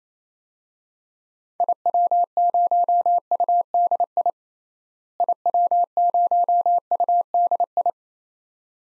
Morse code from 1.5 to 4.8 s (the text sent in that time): IW0UDI